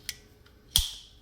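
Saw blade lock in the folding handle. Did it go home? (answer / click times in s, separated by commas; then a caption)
yes / 0.8 s. A three-in-one folding saw is opened, and the blade lock in its folding handle engages with a sharp, bright snap at 0.8 s that rings briefly as it fades. It locks the blade into place so the saw won't open unexpectedly. Two fainter ticks come earlier, at 0.1 s and 0.5 s.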